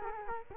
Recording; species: mosquito wingbeat signal from an infrared sensor; Culex quinquefasciatus